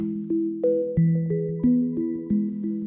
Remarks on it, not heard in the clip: The complex nature of tinnitus that ringing in the brain. You cover your ears with your hands, but it won't go away.